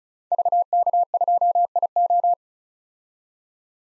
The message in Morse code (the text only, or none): VK2IO